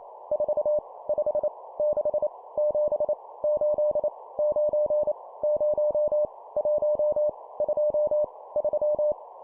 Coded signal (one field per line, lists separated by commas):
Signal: Morse code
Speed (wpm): 28 wpm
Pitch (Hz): 600 Hz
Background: none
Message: 4 5 6 7 8 9 0 1 2 3